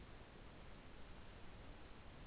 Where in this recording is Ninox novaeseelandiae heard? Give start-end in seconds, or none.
none